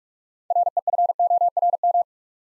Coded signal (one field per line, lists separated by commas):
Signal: Morse code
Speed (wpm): 44 wpm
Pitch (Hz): 700 Hz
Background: none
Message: REFORM